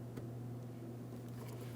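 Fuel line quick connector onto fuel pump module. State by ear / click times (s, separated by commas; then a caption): not seated / none. A fuel line quick-connect fitting is being handled and lined up to be pressed straight onto its nipple on the fuel pump module of a 2007-2014 GMC Sierra 2500 HD 6.0L V8, with its locking tabs meant to click in. Only a steady low hum and faint handling noise are heard. Nothing has seated or clicked yet.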